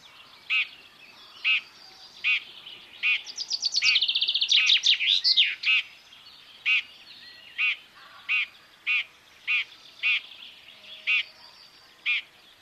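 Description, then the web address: Common chaffinch repeating brief, bright call notes, with an accelerating trilled song phrase early on that finishes with a flourish. "Deverinetal 2025 File origin Bird Only Fr Co"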